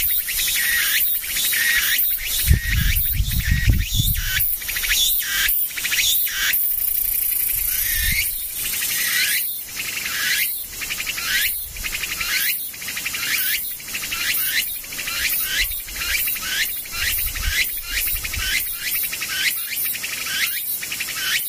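Insects chirp in a dense, continuous chorus, a bright high trill pulsing in quick regular bursts throughout. Low rumbling thumps appear around three seconds and again near eight and seventeen seconds beneath the steady buzzing.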